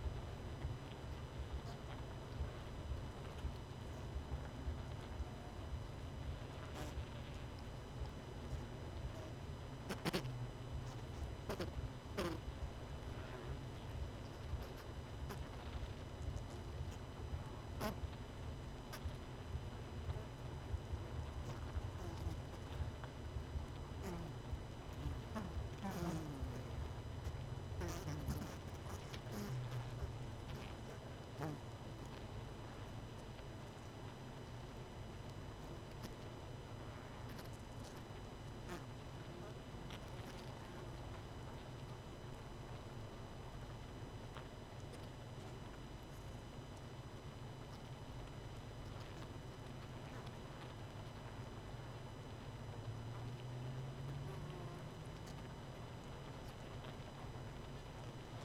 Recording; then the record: honeybee colony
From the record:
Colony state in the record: missing queen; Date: 31 May 2018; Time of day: 20:28